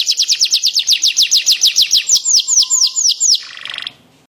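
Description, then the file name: Atlantic canary song: a quick trill of falling notes slowing into broader swooping notes, closing with a short buzzy burst before silence. Standard-type canary (kenari standar) singing. "suara kicauan kenari standar. omkicau"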